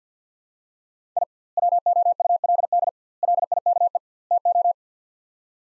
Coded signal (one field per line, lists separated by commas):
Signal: Morse code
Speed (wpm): 48 wpm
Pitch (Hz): 700 Hz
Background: none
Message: I WOULD LIKE TO